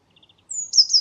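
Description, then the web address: Eurasian blue tit call: a few faint ticking notes, then a thin high whistle that slowly drops, cut off abruptly. "cianscape birddata Deverinetal 2025 File origin Bird Only Cy Ca"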